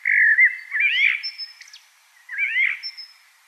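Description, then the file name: Common blackbird delivering two mellow whistled phrases with thin, very high squeaks. "Turdus merula"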